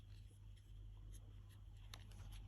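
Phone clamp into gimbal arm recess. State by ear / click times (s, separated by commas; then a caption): not seated / none. A plastic phone clamp is being re-seated one-handed into its recess on the arm of a DJI Osmo Mobile 6 smartphone gimbal, because it sat slightly out and the light flashed red. Soft handling rustles and light taps are heard, with a few brief sharp handling ticks around 1.9 to 2.1 s. Nothing has seated or clicked yet.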